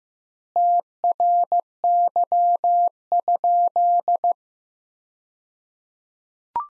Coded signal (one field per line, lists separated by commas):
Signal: Morse code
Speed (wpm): 15 wpm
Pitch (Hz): 700 Hz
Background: none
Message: TRY?